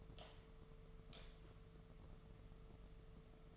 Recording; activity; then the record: daily activity, microphone in the room; light on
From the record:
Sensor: 4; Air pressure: 1015.4 hPa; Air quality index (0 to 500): 169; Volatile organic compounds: 7 ppm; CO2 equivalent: 1958 ppm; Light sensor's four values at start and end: 24/57/24/25 and 22/53/22/23